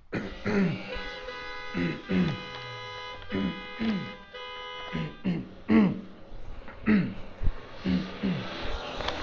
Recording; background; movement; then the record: throat clearing; traffic; sitting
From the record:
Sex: male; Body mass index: 21.0 kg/m2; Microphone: on the chest, facing outward